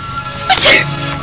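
A single brief, hissy, voiced burst: one ordinary sneeze.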